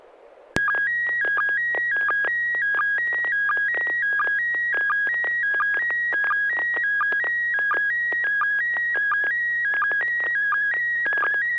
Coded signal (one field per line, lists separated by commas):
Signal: SSTV (slow-scan television)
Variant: PD 90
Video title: N6NA SSTV Net - 04/10/2024